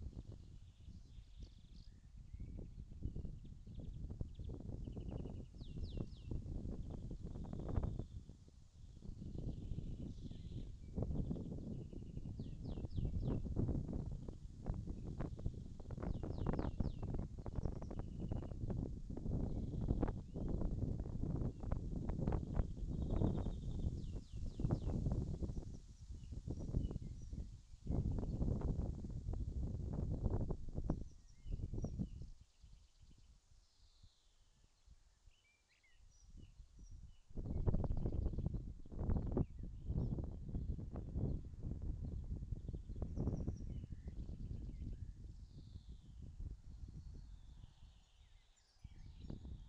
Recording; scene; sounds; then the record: everyday scene through a hearing-aid microphone; wind on the microphone; wind, birds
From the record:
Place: in front of a rural house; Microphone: in the ear canal, left